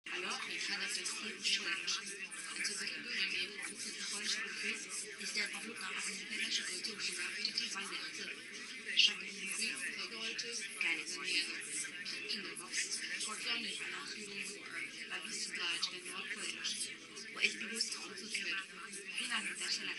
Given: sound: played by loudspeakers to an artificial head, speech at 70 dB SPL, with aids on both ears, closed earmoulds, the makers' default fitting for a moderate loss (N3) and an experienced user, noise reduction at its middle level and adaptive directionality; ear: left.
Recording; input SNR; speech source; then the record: speech test signal (ISTS) in cocktail-party noise; -3 dB; on the right (90 degrees)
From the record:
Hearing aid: class 2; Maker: J